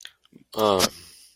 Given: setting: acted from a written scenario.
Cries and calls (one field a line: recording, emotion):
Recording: vocal sound without words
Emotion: guilt